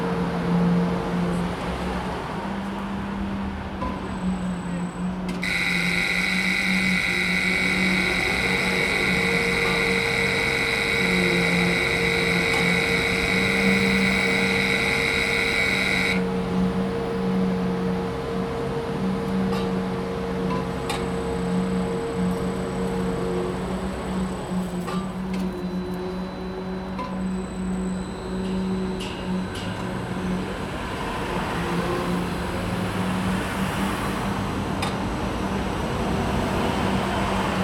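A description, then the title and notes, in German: A construction site where concrete is being vibrated gives off a steady low mechanical hum that runs through the whole recording. From about five to sixteen seconds a loud, bright, multi-toned whine rises over it, then stops, leaving the constant rumble of traffic. Fürth/Baustelle neben Schule und Biomarkt. Einkaufende Eltern, Heimkehrende Kinder und eine Baustelle, auf der Beton blasenfrei gerüttelt wird.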